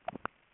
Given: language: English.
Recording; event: throat vibration sensor signal played as sound; swallow